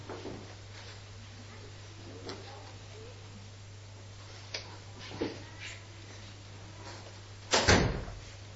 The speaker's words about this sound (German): Tür zu.